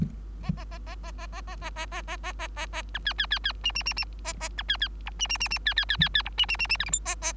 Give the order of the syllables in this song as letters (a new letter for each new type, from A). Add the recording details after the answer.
A A A A A A A A A A A A A A A A B C C C C D D D D A A B C C E D D D D C C C C C E D D D D F G H A A. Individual Bird3